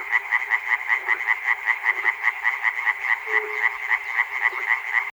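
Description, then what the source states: Frogs croaking, rapid pulsed calls following one another in a steady, slightly uneven rhythm throughout. Frogs recorded at Chernobyl by Peter Cusack.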